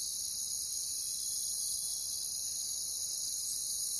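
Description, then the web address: Crickets chirping in a dense, steady, high-pitched chorus that continues without pause throughout, with no other clear sounds. "Sleep Sounds of Nature CRICKETS"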